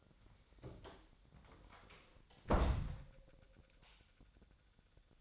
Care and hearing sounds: daily activity, microphone in the room; close door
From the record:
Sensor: 3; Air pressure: 1007.2 hPa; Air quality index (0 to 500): 203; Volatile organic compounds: 17 ppm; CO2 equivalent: 2594 ppm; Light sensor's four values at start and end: 12/28/12/12 and 12/28/12/12

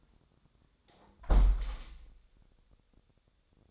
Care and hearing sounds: daily activity, microphone in the room; close window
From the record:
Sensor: 3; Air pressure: 1000.4 hPa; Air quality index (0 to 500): 173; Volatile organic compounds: 3 ppm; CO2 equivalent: 1499 ppm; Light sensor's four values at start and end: 14/36/14/16 and 13/35/13/15

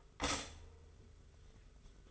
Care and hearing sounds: daily activity, microphone in the room; stop toaster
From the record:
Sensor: 4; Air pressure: 991.5 hPa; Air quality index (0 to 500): 136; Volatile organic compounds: 53 ppm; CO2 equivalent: 3333 ppm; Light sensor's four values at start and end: 19/62/23/23 and 19/62/23/23

